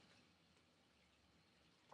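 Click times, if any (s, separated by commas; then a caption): none. The display cable connector clip on a laptop logic board is taken hold of and readied to be folded over before being pressed home. Only a quiet, steady low hiss is heard, with a slight rise at the very end. Nothing has seated or clicked yet.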